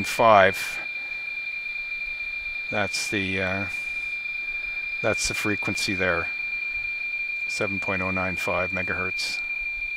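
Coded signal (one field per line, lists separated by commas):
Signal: PSK31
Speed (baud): 31.25 baud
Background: speech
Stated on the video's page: Received on 40m with an RTL-SDR; RTTY45, BPSK31 and CW signals from the ARRL station.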